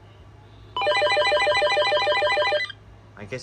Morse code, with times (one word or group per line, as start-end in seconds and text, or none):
none